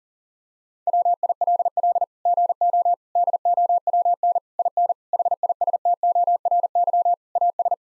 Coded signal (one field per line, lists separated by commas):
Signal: Morse code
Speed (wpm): 40 wpm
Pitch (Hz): 700 Hz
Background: none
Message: WILL GO DOWN IN HISTORY AS